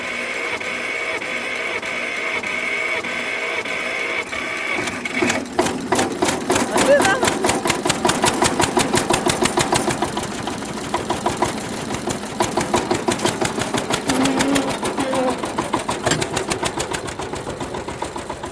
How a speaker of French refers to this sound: Mais ça, c'est un vieux tracteur. Il a bientôt 50 ans alors.